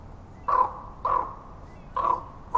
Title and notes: A raven calling in the forest reminded me of a time I was walking through the park with visiting Australians